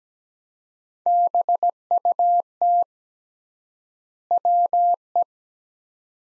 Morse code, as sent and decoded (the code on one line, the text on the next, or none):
-... ..- - / .-- .
BUT WE